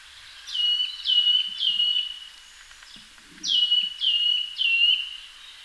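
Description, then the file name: Eurasian nuthatch giving loud, downslurred whistled calls in two bursts of three, each note dropping sharply then levelling, with a faint low rustle between. "Sitta europaea"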